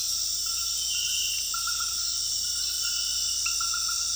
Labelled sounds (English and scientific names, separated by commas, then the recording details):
none
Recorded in secondary vegetation near Puerto Asís, Putumayo, Colombia, on 20 February 2024 at 01:30
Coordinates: 0.481, -76.323
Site G6376